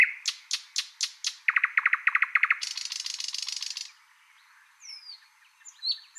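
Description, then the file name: Thrush nightingale song: evenly spaced sharp clicks, then a fast series of lower chopping notes and a dry buzzing rattle, followed by a few thin whistles. "British Library - Thrush Nightingale Luscinia luscinia"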